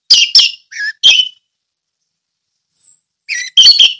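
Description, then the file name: Orange-headed thrush song in short clipped phrases of chirps and whistles, a long silent gap with one thin high note, then a fresh burst. Song in the ngeplong style. "anis merah ngeplong"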